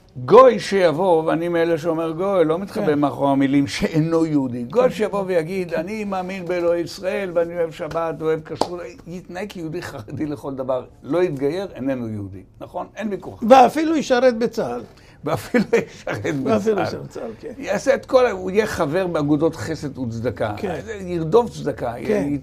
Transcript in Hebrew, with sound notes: גוי שיבוא ואני מאלה שאומר גוי לא מתחבה מאחור המילים שאינו יהודי גוי שיבוא ויגיד אני מאמין באלוהי ישראל ואני אוהב שבת ואהב כסות יתנהג יהודי חרדי לכל דבר לא יתגייר איננו יהודי נכון אין ביקוח ואפילו ישרט בצהל ואפילו [צחוק] ישרט בצלו בצלכן יעשה את כל הוא יהיה חבר באגודות חסד וצדקה כן